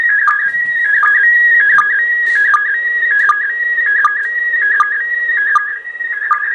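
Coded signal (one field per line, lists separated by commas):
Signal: SSTV (slow-scan television)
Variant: PD 180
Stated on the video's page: SSTV from the International Space Station received in southern England, PD180 mode, picked up acoustically from the radio's loudspeaker by a laptop microphone.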